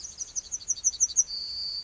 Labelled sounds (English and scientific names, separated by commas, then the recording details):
Yellowhammer (Emberiza citrinella) song
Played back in grassland
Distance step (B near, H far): D
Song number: 129